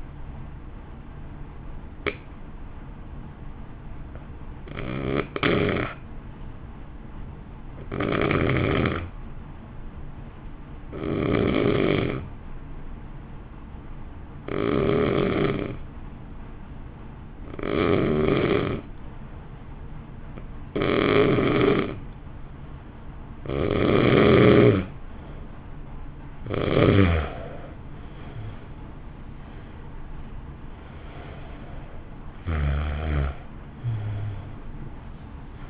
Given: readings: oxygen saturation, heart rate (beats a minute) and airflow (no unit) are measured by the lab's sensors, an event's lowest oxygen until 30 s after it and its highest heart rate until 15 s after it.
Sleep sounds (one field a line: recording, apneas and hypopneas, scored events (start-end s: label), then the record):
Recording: breathing in sleep by a smartphone at the bedside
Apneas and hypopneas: 1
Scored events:
3.00-27.00 s: hypopnea (N1, oxygen 95% highest, then 86% lowest, heart rate 50 at the start, 61 highest)
14.00-35.69 s: new sleep stage, N2 (light sleep)
From the record:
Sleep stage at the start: N1 (lightest sleep)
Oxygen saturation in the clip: 83 to 95%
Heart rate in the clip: 49 to 61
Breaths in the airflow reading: 12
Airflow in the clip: -1.2 to 1.9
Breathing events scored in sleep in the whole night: 328 in 6.3 hours asleep